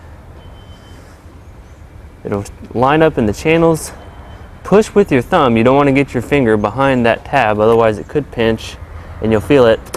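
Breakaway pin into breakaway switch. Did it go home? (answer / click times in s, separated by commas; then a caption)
no / none. A breakaway pin is oriented and lined up with the channels of a breakaway switch, to be pushed in with the thumb until it snaps into place. Someone talks over quiet background noise while the pin is only handled. Nothing has seated or clicked yet.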